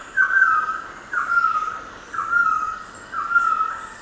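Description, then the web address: Golden-headed quetzal gives mellow, level whistled notes repeated about once a second, with faint high thin chirps from another bird above. Recorded in Ecuador. "Natures Songs S America Birds of Ecuador Golden-headed Quetzal"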